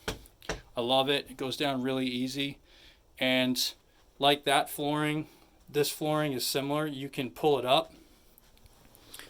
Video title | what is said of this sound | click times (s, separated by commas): Semi Trailer Conversion Part 3.1 | it just snaps in place here | 9.1 s